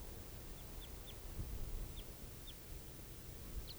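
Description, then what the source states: Red Crossbill (type 4) flight calls, brief high downslurred chips repeated irregularly, about six in four seconds, over a low rumbling background. Type 4 bird flying over a clearing, unseen; around 5:24; tape recorder with windscreen on microphone.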